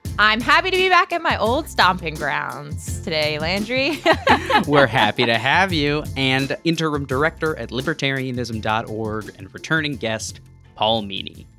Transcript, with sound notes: I’m happy to be back at my old stomping grounds today, Landry.
[laughter] We’re happy to have you, and interim director @libertarianism.org and returning guest Paul Meany.